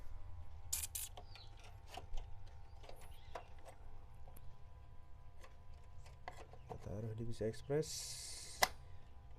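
An ASUS GeForce GT 1030 2GB GDDR5 low-profile graphics card is pushed into a motherboard's PCI Express slot while someone talks. There is scattered handling noise, then the slot's retention latch gives a sharp click at 8.6 s. The card is seated and locked in place.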